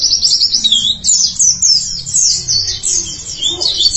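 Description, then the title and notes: White-eye song: a continuous, fast, high twittering warble of sliding notes with barely any pauses. "Suara kicauan burung pleci"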